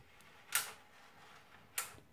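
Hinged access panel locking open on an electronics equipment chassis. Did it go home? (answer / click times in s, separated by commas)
yes / 1.8 s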